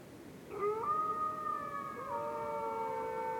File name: WINTER Forest night dark moon with distant wolves howls, North Laurentian Woods, Canada